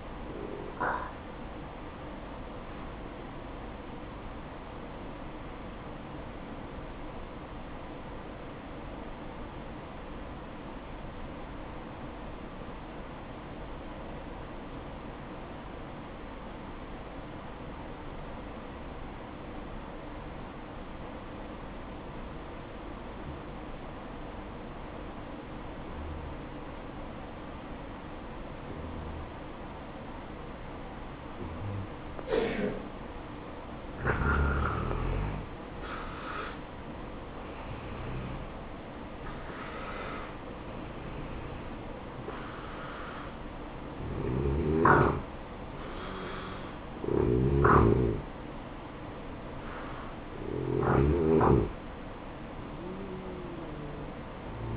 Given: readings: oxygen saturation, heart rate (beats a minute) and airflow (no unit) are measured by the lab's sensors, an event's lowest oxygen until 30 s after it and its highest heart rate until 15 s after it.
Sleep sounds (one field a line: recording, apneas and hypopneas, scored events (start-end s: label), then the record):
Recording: breathing in sleep by a voice recorder at the bedside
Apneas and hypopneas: 1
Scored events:
3.00-36.60 s: hypopnea (N1, oxygen 95% highest, then 85% lowest, heart rate 61 at the start, 68 highest)
16.00-46.00 s: new sleep stage, N2 (light sleep)
46.00-54.77 s: new sleep stage, N1 (lightest sleep)
From the record:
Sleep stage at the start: N1 (lightest sleep)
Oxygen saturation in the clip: 86 to 95%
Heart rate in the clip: 58 to 69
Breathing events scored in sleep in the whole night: 573 in 9.8 hours asleep